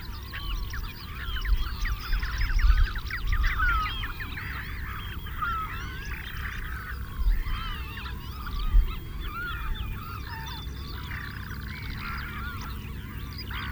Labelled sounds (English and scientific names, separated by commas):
Common Shelduck (Tadorna tadorna) courtship call